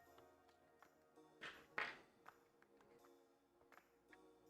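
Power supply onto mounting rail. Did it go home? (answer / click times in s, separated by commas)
yes / 1.8 s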